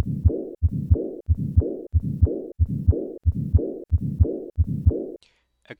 The soft first heart sound, then the third heart sound, and finally the diastolic rumble. Findings of acute aortic regurgitation at the left sternal border. The presence of acute aortic regurgitation does constitute a medical emergency because of the high mortality without corrective surgery.